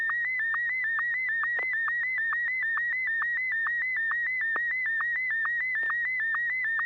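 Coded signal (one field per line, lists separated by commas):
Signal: SSTV (slow-scan television)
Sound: steady warbling whistle near 2 kHz broken by rapid, regular low chirps, like a slow modem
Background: low mains hum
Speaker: You may fire when ready.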